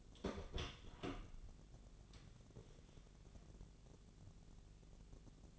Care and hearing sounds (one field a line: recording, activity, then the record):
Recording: daily activity, microphone in the room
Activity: open door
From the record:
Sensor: 4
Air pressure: 1001.1 hPa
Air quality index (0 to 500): 182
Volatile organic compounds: 2 ppm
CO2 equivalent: 1304 ppm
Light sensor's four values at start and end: 16/38/15/16 and 15/35/14/15